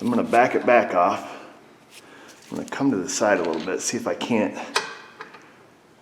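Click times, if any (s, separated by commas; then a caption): 5.2 s. Someone talks while working a steel drum brake adjuster sideways with a screwdriver on a Hyundai Santa Fe, trying to get it to pick up into its slot in the bottom of the brake shoe. A single sharp click at 5.2 s marks the adjuster seating in the shoe slot. Afterward, a check of both sides finds one end has popped down a little.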